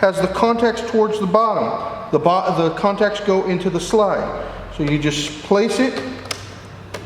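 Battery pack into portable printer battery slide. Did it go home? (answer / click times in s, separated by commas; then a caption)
yes / 6.3 s, 6.9 s. A man talks while a battery pack is placed contacts-first into a portable printer's battery slide and pressed down. Two short snaps are heard at 6.3 s and 7.0 s as the battery seats in place.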